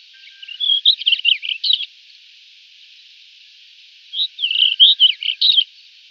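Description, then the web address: White-crowned wheatear song: two short warbled phrases of mixed whistled and scratchy notes, a few seconds apart, with steady background hiss. "Schulze Peter White-crowned Wheatear song"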